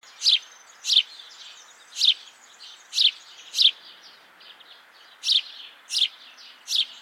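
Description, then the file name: House sparrow giving sharp chirps at uneven intervals, a brief pause near the middle, then several more chirps, with soft background hiss. "Passer domesticus"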